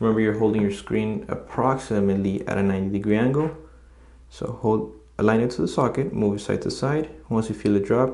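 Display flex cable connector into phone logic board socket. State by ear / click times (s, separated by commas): not seated / none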